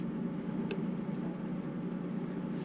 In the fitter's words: Make that connection right there. Hear a little click.